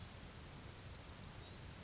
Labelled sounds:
Grasshopper Sparrow (Ammodramus savannarum)
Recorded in Sonoma County, California

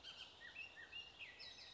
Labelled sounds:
Bullock's Oriole (Icterus bullockii)
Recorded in Sonoma County, California

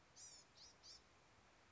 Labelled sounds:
Blue-gray Gnatcatcher (Polioptila caerulea)
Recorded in Sonoma County, California

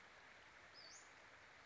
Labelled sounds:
Western Flycatcher (Empidonax difficilis)
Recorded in Sonoma County, California

